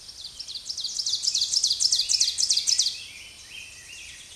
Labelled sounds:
Ovenbird (Seiurus aurocapilla) song

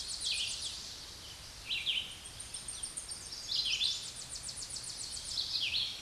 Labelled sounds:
Tennessee Warbler (Leiothlypis peregrina) song

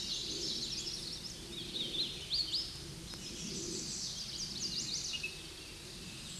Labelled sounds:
Hooded Warbler (Setophaga citrina) song

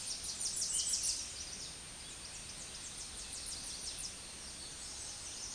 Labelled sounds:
Tennessee Warbler (Leiothlypis peregrina) song

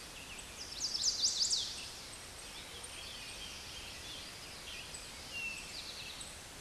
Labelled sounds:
Eastern Towhee (Pipilo erythrophthalmus) song

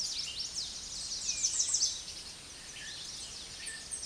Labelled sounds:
American Redstart (Setophaga ruticilla) song

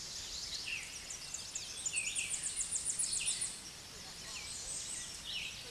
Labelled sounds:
Tennessee Warbler (Leiothlypis peregrina) song

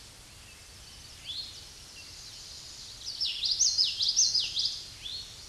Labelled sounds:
Common Yellowthroat (Geothlypis trichas) song

